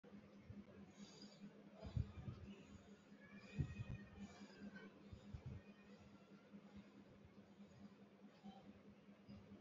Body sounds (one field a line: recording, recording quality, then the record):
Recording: shallow breathing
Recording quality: excellent, no background noise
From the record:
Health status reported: healthy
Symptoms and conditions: none ticked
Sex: female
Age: 34 years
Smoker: not ticked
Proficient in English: yes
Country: India